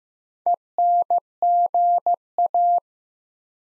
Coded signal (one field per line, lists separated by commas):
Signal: Morse code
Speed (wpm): 15 wpm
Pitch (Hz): 700 Hz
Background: none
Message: ENGA